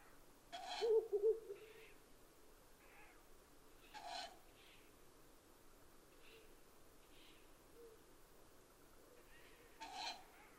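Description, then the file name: Owl giving soft low hoots around one second in, with harsh, hissing screeches repeated at intervals of about three to six seconds. Recorded 12 June 2011. "fukurou kaijyuu-20110612"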